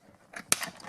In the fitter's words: And lift it up and then turn until it snaps into place.